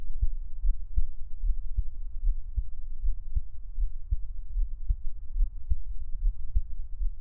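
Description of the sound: A normal adult heartbeat heard close-miked, with no talking.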